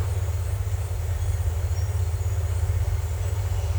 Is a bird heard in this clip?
no